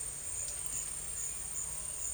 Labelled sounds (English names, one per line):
none